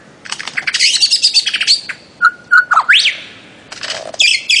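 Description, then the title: Bird-of-paradise song: dense burst of high chirps, then a long level whistle, short steady whistles and a sharp rising note, ending with bright clustered chirps. Master song for training songbirds. "Kicau Master Cendrawasih"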